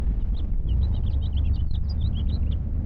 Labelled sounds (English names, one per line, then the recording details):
House Finch song
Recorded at Lawrence on Long Island, New York, on 4 June 1975
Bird F